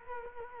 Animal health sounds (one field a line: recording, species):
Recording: mosquito wingbeat signal from an infrared sensor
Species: Culex quinquefasciatus